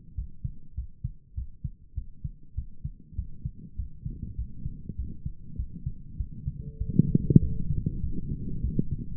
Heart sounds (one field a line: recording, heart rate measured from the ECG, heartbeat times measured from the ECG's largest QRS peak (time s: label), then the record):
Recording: heart sounds by stethoscope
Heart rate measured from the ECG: 99 bpm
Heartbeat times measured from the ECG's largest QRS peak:
0.14 s: heartbeat
0.74 s: heartbeat
1.34 s: heartbeat
1.94 s: heartbeat
2.54 s: heartbeat
3.15 s: heartbeat
3.75 s: heartbeat
4.35 s: heartbeat
4.95 s: heartbeat
5.56 s: heartbeat
6.17 s: heartbeat
6.77 s: heartbeat
7.39 s: heartbeat
8.00 s: heartbeat
8.61 s: heartbeat
From the record:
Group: healthy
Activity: rest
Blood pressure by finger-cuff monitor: 101/68 mmHg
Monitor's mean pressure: 78 mmHg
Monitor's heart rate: 99 bpm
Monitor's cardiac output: 7.8 L/min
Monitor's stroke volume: 78 mL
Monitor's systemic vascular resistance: 730 dyn s/cm5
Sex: male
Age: 19 years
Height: 178 cm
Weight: 83 kg